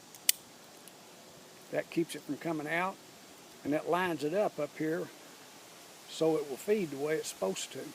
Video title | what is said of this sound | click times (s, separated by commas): Will the Pro Mag 25 round mag work in the Badger m22 stock | see that has to go up in there and this little clip right here has to snap in place | 0.3 s